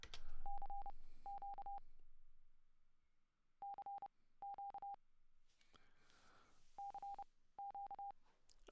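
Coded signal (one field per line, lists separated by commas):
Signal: Morse code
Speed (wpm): 29 wpm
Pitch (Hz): 800 Hz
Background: none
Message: CQ CQ CQ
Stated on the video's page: Morse generated by a Windows 10 PC program from typed input, with selectable tone frequency, words per minute, inter-digit pause and inter-group pause.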